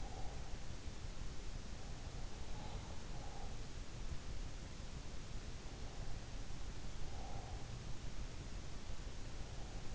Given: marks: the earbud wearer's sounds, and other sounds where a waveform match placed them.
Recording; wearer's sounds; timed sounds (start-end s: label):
sounds in sleep by an in-ear microphone; breath
0.00-0.49 s: breath
2.62-3.64 s: sound from someone else or the room
7.05-7.55 s: breath